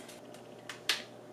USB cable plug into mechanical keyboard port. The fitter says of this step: so you'll hear you'll hear a little click the USB port doesn't go in all the way